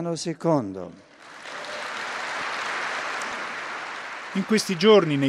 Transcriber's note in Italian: applausi